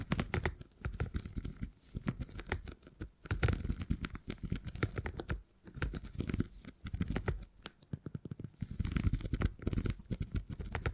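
Tingly sounds made with beeswax: dense, crackly handling noises with sharp clicks and crinkles running almost without pause. Short bursts swell and fade every second or two, with brief quiet gaps near 3, 5.5 and 8 seconds, and a soft low rumble underneath.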